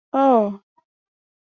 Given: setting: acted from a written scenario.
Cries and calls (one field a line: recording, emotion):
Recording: vocal sound without words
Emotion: disappointment